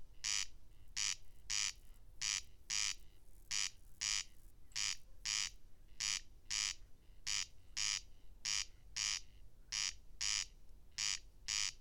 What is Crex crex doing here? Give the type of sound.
song